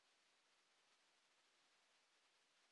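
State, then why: Not seated. The plastic cyclone filter has just been twisted out of a Bissell Hard Floor Expert vacuum and is being handled before it goes back into the vacuum body and is turned left to lock. Only a steady, even broadband hiss is heard throughout, with no distinct impacts. Nothing has seated or clicked yet.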